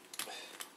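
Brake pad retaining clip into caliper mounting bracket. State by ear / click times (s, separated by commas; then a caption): not seated / none. A metal brake pad retaining clip is handled and pressed toward the caliper mounting bracket during a rear brake pad and rotor job on a 2003 Honda CR-V. Short, bright metallic ticks come at about 0.2 s and 0.6 s, with a fainter one near 0.8 s, over a low background hiss. Nothing has seated or clicked into place yet.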